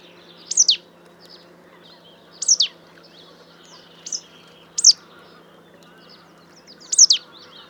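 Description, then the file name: Marsh tit calls: sharp, high notes that sweep quickly downward, repeated at irregular intervals over a quiet background. "Poecile palustris"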